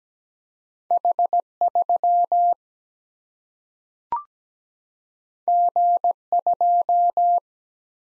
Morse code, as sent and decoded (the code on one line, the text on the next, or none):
.... / ...-- / --. / ..---
H 3 G 2